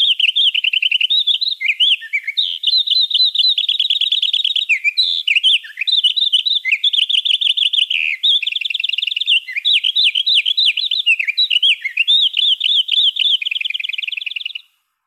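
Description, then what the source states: Winter wren song slowed down: a long stream of distinct warbled notes and rapid trills, with short sections repeating, lower and more drawn out than natural. Song played back at half normal speed, revealing its variation and little repeated sections.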